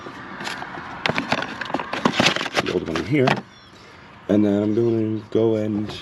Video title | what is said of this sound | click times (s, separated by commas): 2020 Jeep Gladiator Oil Change Walk Through | and it gets tucked down into its Valley push down on it you'll feel a click in | 1.1 s